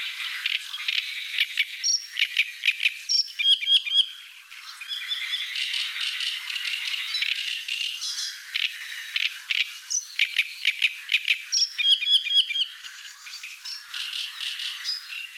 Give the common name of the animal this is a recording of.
Great Reed Warbler